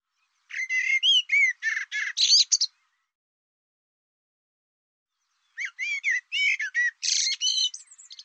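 Bird calls in two dense bursts of rapid, harsh chattering notes mixed with short whistled upslurs, separated by about three seconds of silence.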